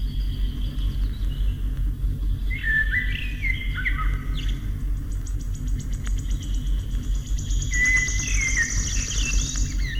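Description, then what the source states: Wood Warbler song: a series of high ticking notes running into a shivering metallic trill, with lower fluting blackbird phrases before and after and a steady low rumble beneath. Song interrupting a Common Blackbird singing in the distance.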